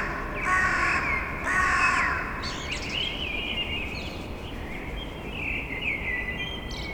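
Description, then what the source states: Crows giving loud hoarse caws, two strong bursts early, then quieter sounds, over constant low background noise. Unusual outburst by several crows heard in a city on the morning of 28 March, between dawn and daybreak.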